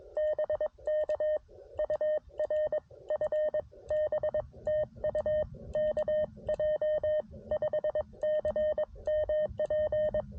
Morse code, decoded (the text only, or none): BK UR FB TU KJ5CMP